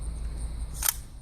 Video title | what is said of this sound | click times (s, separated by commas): Survival Weekend 2015 | push the charging handle forward until it clicks into place. | 0.9 s